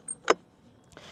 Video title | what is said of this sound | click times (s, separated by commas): Leaperkim Sherman L -- Quick Look | same thing, locks in place. | 0.3 s